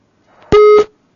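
telephone busy tone

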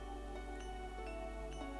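rain falling

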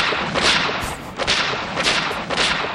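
gunshots

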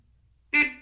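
car horn honking

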